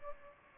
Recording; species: mosquito wingbeat signal from an infrared sensor; Aedes albopictus